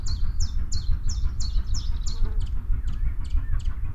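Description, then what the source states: Common chiffchaff singing several crisp, high, evenly spaced notes, followed by scattered calls of other birds against a low background rumble. Adult bird singing.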